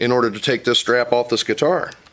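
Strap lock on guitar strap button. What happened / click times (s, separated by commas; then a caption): No seating click yet; only someone talking while the part is handled / none. A strap lock is handled on a Gibson Les Paul guitar's metal strap button while someone talks throughout. No click is heard, and the strap lock has not seated on the button yet.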